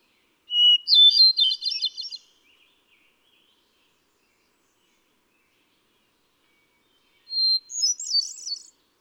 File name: Hermit Thrush